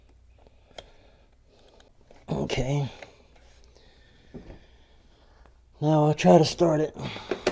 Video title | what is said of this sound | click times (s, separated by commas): Yamaha Golf Cart troubleshooting start and run problems | push it in until it snaps | 0.8 s